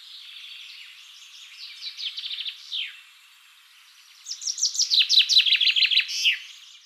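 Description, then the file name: Common chaffinch song twice: a softer run of chirps ending in a flourish, then a louder run of bright notes with a final flourish. "Fringilla coelebs"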